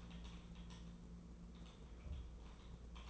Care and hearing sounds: daily activity, microphone in the room; typing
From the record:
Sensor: 1

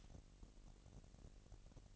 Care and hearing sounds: daily activity, microphone in the room; light off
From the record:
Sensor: 4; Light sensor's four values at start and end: 7/16/6/7 and 6/14/5/6

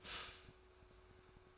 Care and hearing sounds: daily activity, microphone in the room; stop toaster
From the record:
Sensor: 2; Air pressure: 1004.0 hPa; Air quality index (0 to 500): 193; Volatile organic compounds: 11 ppm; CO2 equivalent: 2306 ppm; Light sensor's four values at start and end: 4/10/4/4 and 4/10/4/4

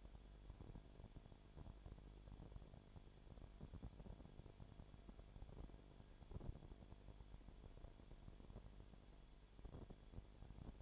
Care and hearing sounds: daily activity, microphone in the room; no activity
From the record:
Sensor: 5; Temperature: 19.9 degrees Celsius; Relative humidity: 37.1%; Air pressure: 1007.4 hPa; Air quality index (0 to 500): 84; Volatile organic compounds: 1 ppm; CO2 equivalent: 965 ppm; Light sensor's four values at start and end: 2/3/1/1 and 2/3/1/1

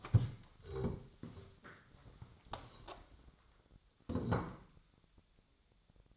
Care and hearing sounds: daily activity, microphone in the room; stand up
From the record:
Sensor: 3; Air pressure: 1000.4 hPa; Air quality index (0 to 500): 168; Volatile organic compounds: 3 ppm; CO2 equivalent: 1470 ppm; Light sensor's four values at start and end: 14/33/14/15 and 14/33/14/15

